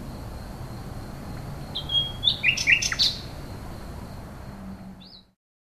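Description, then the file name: Common nightingale giving one short phrase of a thin whistle and a quick cluster of sharp notes, then quiet apart from one faint later note before the recording cuts off. "rossignol"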